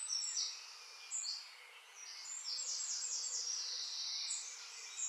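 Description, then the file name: Eurasian wren song: a rapid, high, tinkling run of trills and shrill notes, nearly continuous across five seconds over a faint background hiss. Subspecies indigenus. "Eurasian-Wren- -Troglodytes-troglodytes-indigenus"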